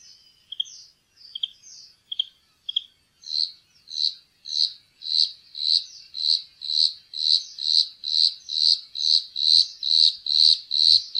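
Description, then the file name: Bluethroat song: a few short separate notes, then a long, steady run of ringing high notes repeated about twice a second. "blaastrupe"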